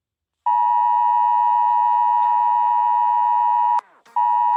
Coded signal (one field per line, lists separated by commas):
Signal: Emergency Alert System (SAME) tones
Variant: 853 and 960 Hz attention tone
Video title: Eas Alarms: animation Europe (part1)